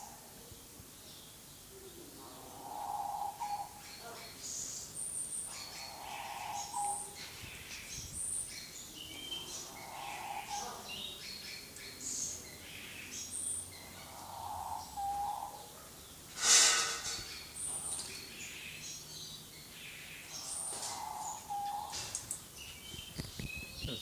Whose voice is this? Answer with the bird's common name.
Diamond Dove